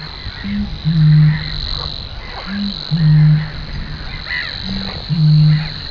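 Eurasian bittern booming: deep low hoots repeated roughly every two seconds, each a short softer lead-in note followed by a longer, resonant boom.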